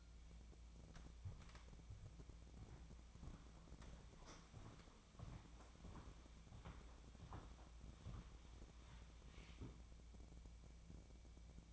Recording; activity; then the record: daily activity, microphone in the room; walk to room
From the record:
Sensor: 1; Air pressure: 1000.0 hPa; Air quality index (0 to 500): 131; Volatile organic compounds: 2 ppm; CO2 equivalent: 1243 ppm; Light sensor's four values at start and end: 44/110/46/58 and 44/111/47/58